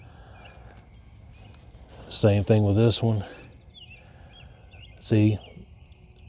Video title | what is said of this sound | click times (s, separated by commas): Dumor Rabbit Cage Review 🐇 | it's not locking | none